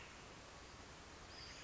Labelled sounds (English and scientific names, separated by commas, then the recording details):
Western Flycatcher (Empidonax difficilis)
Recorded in Sonoma County, California